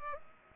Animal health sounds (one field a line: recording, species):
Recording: mosquito wingbeat signal from an infrared sensor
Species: Culex pipiens